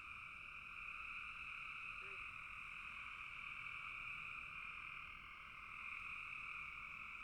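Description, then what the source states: Frog chorus, an unbroken high buzzing drone of many overlapping callers, with one brief lower note early on. Frogs in a bog.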